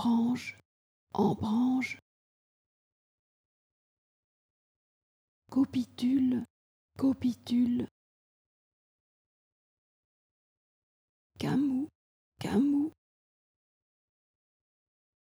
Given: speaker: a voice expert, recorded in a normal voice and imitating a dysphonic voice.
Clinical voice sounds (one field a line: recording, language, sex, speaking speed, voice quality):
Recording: pseudo-word pairs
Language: French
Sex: female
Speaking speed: normal speed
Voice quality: dysphonic voice